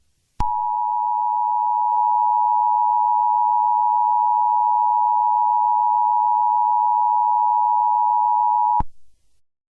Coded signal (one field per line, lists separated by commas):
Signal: Emergency Alert System (SAME) tones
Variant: 853 and 960 Hz attention tone